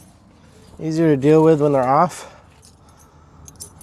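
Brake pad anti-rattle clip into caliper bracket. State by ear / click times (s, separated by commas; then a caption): not seated / none. New metal anti-rattle brake pad clips, meant to curb vibration and squealing, are handled at the caliper bracket during a front brake job on a 2018 Honda Odyssey. Someone talks from about 0.8 to 2.1 s, followed by quiet background and faint, light metallic clinks around 3.5, 3.6 and 3.8 s. Nothing has seated or clicked into place yet.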